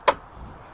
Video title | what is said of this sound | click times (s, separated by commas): This Just In!! Brand New 2023 Sea Ray SDX 250 Outboard at MarineMax Pompano Beach! | go ahead and lock this back in place | 0.1 s